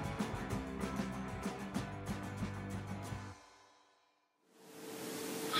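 Brief music gives way to silence, then quiet breathing noise and one loud, rough, rattling snore from a sleeping adult, lasting about a second and a half on a steady low buzzing pitch.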